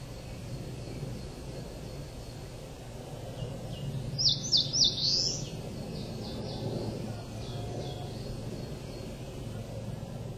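Crowned warbler calls in a short burst of a few quick, high, slurred notes, then fainter notes, over a steady low rumble.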